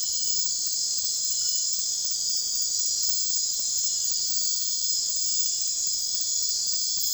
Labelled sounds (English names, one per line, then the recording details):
none
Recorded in secondary vegetation near Puerto Asís, Putumayo, Colombia, on 28 February 2025 at 02:00
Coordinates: 0.484, -76.319
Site G010